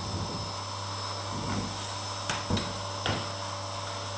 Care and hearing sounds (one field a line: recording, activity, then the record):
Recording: daily activity, microphone in the room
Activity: vacuum cleaning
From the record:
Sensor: 3